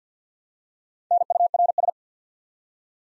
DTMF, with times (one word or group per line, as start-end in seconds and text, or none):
none